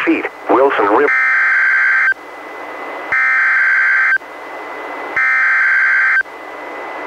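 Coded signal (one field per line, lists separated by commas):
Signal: Emergency Alert System (SAME) tones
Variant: header bursts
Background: speech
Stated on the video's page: SAME tones from NOAA Weather Radio and TV relays of severe thunderstorm and special marine warnings, some from online streams, one received on a Reecom R-1630 weather radio.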